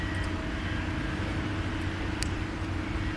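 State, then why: Seated. A crankshaft bearing shell with a locating notch is lined up with the notch in the number two end cap of an SR20 engine and pressed in. A short, sharp click at 2.2 s stands out over a steady low rumble. The shell seats in the end cap.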